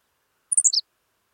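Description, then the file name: Henslow's sparrow giving its short, very high hiccupping song, a quick cluster of four thin notes that drop in pitch, lasting about a third of a second. "Ammodramus henslowii - Henslow's Sparrow"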